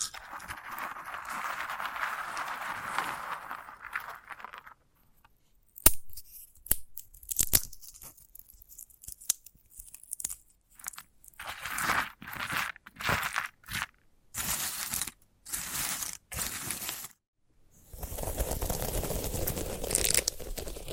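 Scratchy rustling on a sunflower head, then short tearing and crunching bursts in quick irregular pulses, with a steadier scraping stretch at the end.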